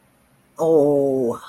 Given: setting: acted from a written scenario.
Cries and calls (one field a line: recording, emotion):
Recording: vocal sound without words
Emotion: guilt